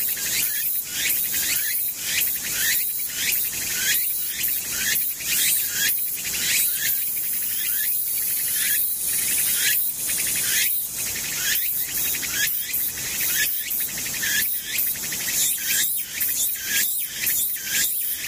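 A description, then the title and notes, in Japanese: A tsukutsukuboshi cicada calls, its shrill, buzzing song pulsing in rapid, regular bursts roughly every second throughout. セミ無音ツクツクホーシ。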